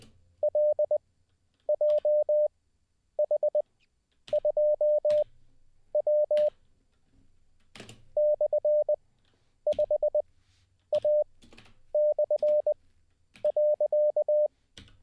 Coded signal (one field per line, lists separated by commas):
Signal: Morse code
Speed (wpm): 20 wpm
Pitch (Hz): 600 Hz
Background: none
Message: LJH2W /5A/.